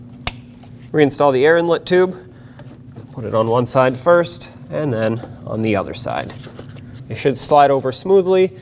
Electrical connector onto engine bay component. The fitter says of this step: Plug this in, make sure it clicks.